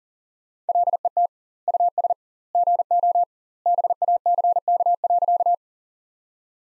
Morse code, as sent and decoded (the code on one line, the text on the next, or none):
.-.. . - / ..- ... / --. --- / -... .- -.-. -.- .-.-.-
LET US GO BACK.